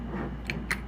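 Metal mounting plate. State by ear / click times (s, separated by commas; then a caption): not seated / none. A quick-release plate from an old tripod head is handled and set onto the head, with a steady low hum underneath. Two short, sharp ticks come through at about 0.5 s and 0.7 s, and a louder thump lands right at the end. Nothing has seated or clicked yet; the plate has not locked in place.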